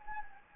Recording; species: mosquito wingbeat signal from an infrared sensor; Anopheles gambiae